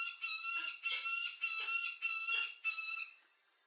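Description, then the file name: Peregrine falcon uttering a series of whining, nasal notes, fading out at the end. "sokolwedrowny"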